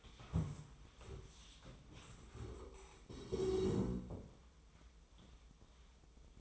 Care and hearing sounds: daily activity, microphone in the room; stand up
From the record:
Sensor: 1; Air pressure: 1005.4 hPa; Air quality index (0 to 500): 122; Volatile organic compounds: 5 ppm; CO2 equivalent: 1716 ppm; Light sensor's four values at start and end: 11/27/11/12 and 11/26/10/11

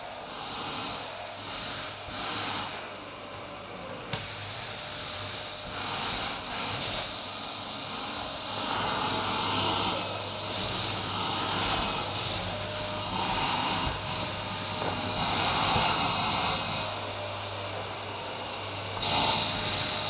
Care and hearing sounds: daily activity, microphone in the room; vacuum cleaning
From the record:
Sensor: 2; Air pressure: 990.9 hPa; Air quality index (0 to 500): 135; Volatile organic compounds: 177 ppm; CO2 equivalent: 4132 ppm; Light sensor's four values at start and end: 21/49/20/20 and 12/27/12/12

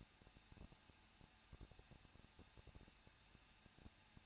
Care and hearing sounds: daily activity, microphone in the room; no activity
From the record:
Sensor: 2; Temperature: 21.0 degrees Celsius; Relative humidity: 37.4%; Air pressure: 1006.2 hPa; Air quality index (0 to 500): 222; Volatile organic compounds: 24 ppm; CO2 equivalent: 2808 ppm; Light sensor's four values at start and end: 2/3/2/2 and 2/3/2/2

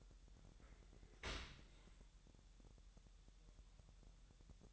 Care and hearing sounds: daily activity, microphone in the room; open dishwasher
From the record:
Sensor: 3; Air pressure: 1000.6 hPa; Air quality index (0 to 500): 248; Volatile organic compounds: 173 ppm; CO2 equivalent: 4116 ppm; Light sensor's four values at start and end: 11/26/11/10 and 11/26/11/10

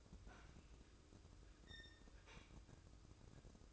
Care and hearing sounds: daily activity, microphone in the room; open fridge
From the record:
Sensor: 2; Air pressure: 995.1 hPa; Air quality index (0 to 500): 66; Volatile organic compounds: 2 ppm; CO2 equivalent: 1121 ppm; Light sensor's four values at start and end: 18/57/22/21 and 18/57/22/22

